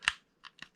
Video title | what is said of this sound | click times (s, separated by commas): TNS! Reviews: Blaze Megazord [Power Rangers Super Ninja Steel | yeah it sounds like it locks in but it's not that tightly locked in it it will survive a few | 0.1 s